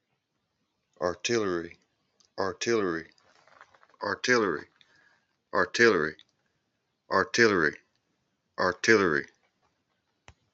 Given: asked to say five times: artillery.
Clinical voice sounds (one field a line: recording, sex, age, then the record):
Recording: repeated word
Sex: male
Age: 40 to 49 years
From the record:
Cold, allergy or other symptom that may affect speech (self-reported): no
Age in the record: 49 years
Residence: Georgia, United States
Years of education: 12